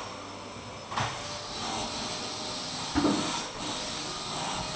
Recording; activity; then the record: daily activity, microphone in the room; vacuum cleaning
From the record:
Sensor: 1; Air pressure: 1002.0 hPa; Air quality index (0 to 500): 242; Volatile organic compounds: 47 ppm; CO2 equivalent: 3255 ppm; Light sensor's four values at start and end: 8/27/10/11 and 8/28/10/11